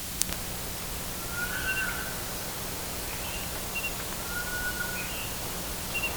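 Bird calls: faint, short whistled notes, some drawn out and level, some higher and brief, repeated every second or two through steady hiss and low hum.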